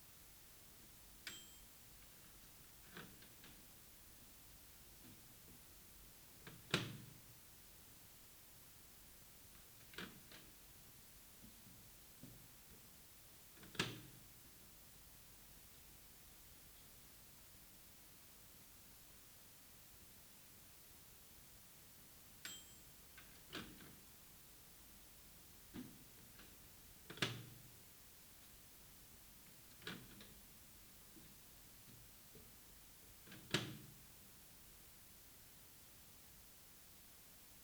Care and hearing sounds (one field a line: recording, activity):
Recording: daily activity, guitar pickup as the sensor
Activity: use microwave